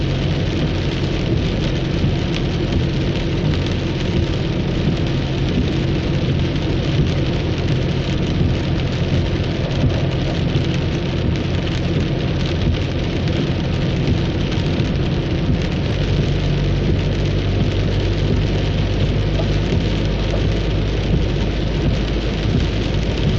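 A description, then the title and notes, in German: Rain drums steadily on a car's windshield during a drive, a dense, even patter with no breaks. Beneath it runs a constant deep rumble from the road and engine, heavy in the low end, while the top stays muffled and cut off. Komm mit auf eine Autofahrt durch den Regen, der auf die Scheibe prasselt. Autofahrt im Regen.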